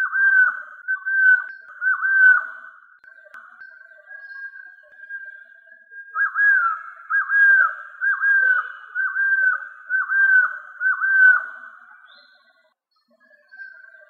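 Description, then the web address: Golden-headed quetzal calling in a series of mellow whistled phrases, each with a dip then a drawn-out tone, with a run of several phrases in quick succession. "inkaterra asociacion org. Golden headed Quetzal"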